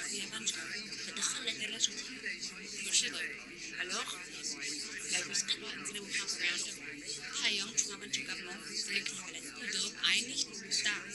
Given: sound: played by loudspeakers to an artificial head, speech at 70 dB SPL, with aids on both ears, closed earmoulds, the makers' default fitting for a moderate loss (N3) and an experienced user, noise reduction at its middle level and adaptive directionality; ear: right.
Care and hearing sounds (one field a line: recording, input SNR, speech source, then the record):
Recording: speech test signal (ISTS) in cocktail-party noise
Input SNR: -6 dB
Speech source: in front (0 degrees)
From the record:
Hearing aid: class 1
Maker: H